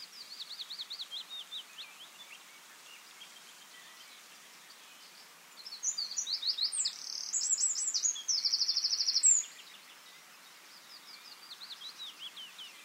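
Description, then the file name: Eurasian wren song, a brief loud burst of high trills in the middle, with softer trilling song heard before and after over a steady hiss. "Troglodytes troglodytes"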